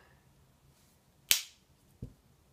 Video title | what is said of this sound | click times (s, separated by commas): Knife Safety Rules | close it until it snaps | 1.3 s